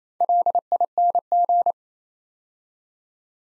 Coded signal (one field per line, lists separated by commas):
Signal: Morse code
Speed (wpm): 27 wpm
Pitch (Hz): 700 Hz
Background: none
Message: LING